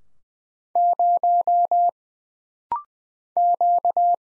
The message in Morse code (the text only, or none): 0 Q